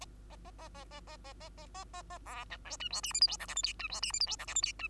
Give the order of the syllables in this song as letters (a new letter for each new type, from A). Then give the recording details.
A A A A A A A A A A A A B C D E F G H I J K L M N E F G H I J K L M N E. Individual Bird2